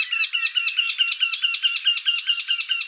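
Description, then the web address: Eurasian wryneck calling: a rapid, steady run of nasal, ringing notes, continuing without pause throughout. "Jynx torquilla"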